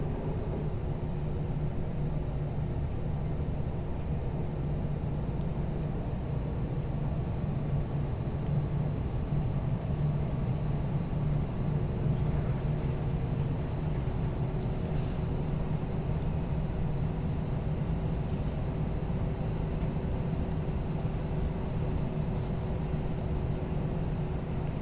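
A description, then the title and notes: Plane engine noise during a flight: a steady, dense low roar with a few faint hums running through it, unchanging in level for the whole stretch. A couple of soft, brief ticks sound near the 15 and 18 second marks. Full Flight From Ft.Lauderdale To San Juan, Puerto Rico. Plane Sounds, Flight Sounds. Engine Sounds, Mechanical Sounds.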